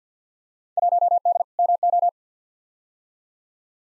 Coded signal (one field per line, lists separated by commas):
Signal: Morse code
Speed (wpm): 50 wpm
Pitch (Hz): 700 Hz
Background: none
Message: 1D MO